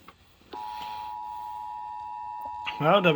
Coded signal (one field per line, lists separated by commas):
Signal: Emergency Alert System (SAME) tones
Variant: 853 and 960 Hz attention tone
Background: speech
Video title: MOJO JMJO (L.S. EAS #215) Severe Thunderstorm Warning